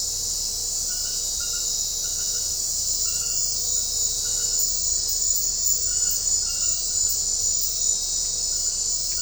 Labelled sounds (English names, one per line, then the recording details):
none
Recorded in secondary vegetation near Puerto Asís, Putumayo, Colombia, on 21 December 2024 at 20:30
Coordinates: 0.498, -76.327
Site GP07